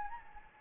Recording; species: mosquito wingbeat signal from an infrared sensor; Anopheles gambiae